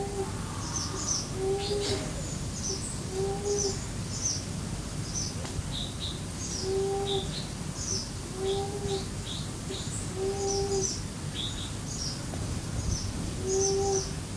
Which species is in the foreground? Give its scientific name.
Chalcophaps indica